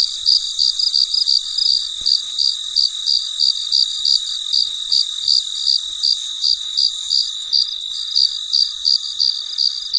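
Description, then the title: Cricket chirps in a fast, even series of bright high pulses, roughly three each second, with a steady high-pitched drone behind. Recorded late at night in quiet surroundings. "深夜录制蟋蟀昆虫声"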